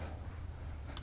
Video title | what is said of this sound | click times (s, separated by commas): FE 501s Baja Build: Part 18 - Samco Radiator Hose Kit Install (Part 1) | Brandon gives me tons of shit for this but one two three clicks | 1.0 s